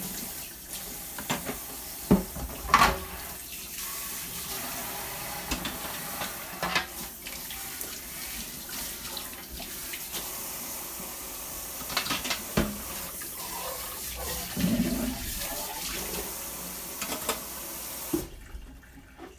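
Okonomiyaki cooking on a griddle, with a steady, dense, bright sizzle that holds through most of the clip. Scattered clicks and scraping taps break in around 2–3, 7, 12 and 15 seconds, and the sizzle cuts away abruptly near 18 seconds.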